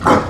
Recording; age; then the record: pig call; growing-finishing pig (85 days or more)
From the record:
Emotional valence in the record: positive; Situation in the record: run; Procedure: transit